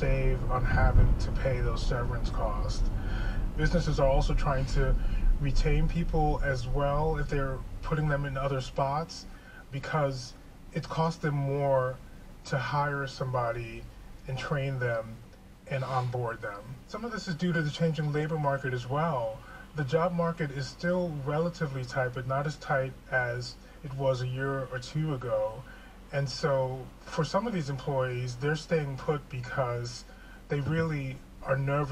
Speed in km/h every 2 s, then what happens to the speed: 35, 29, 19, 10, 0, 0, 0, 0, 0, 0, 0, 0, 0, 0, 0, 0.
0-8 brakes to 0. 8-32 standing.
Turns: none.